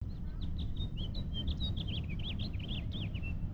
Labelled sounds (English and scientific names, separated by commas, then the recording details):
House Finch (Haemorhous mexicanus) song
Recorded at Oceanside on Long Island, New York, on 17 June 1975
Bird A